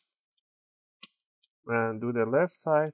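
A plastic opening tool is twisted hard in the seam between the top and bottom covers along the side of an HP Pavilion 14 dq 1xxx series laptop, and a sharp click at 1.0 s marks the plastic retaining clips of the bottom cover popping free of the top case. The covers are released. Someone then talks briefly from about 1.6 s.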